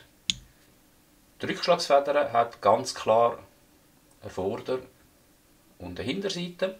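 The barrel of a Glock G19 Gen. 3 pistol is laid into the slide and pushed back, snapping into place with one sharp metal click at 0.3 s. The barrel is seated, and afterward someone talks.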